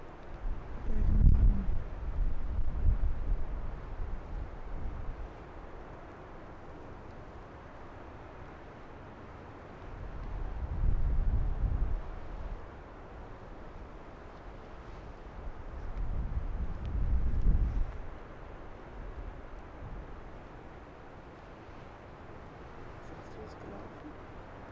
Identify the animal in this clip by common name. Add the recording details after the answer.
Arctic Fox. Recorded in the wild. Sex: male. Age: adult. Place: Insel Mednyi, Kommandeur-Inseln, RU. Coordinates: 54.5167, 168.083. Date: 1999-07-31 17:24. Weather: 12°C, bedeckt, starker Westwind. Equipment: Sony WM-D6C, Sennheiser ME 80, K 30 AV, Windkorb, Kopie Tascam DA 30. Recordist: Jakupi, Antje. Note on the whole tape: Südosten der Insel, Gerölltal: Bellstrophen von Rüden rot/gelb 4 vom oberen Südostrand des Geröllfeldes. Tier bellt im Liegen. Vor der letzten Bellstrophe ist Tier aufgestanden, läuft dann ins Gerölltal hinunter. Gut, aber Windgeräusche